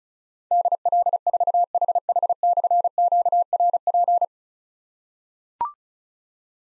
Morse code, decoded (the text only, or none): DL4HH/QRP